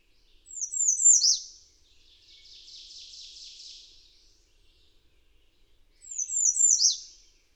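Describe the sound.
Bird song: a high phrase of quick descending whistles, then a softer buzzy trill for about two seconds, a pause, and the whistled phrase again.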